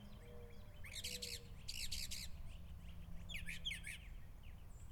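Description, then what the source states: Mockingbird song: several short bursts of rapid, repeated buzzy and chattering notes, over a steady low hum. Recorded in the evening.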